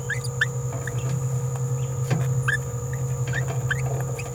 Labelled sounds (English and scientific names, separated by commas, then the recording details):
Green-rumped Parrotlet (Forpus passerinus) babbling
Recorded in a nest box in Venezuela
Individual 18B17A4